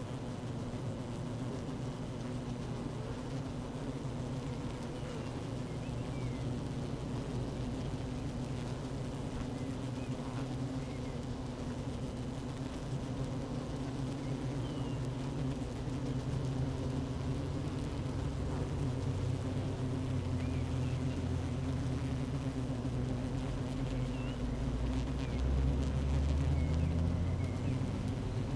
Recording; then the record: honeybee colony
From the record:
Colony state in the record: active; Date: 12 June 2018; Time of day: 15:58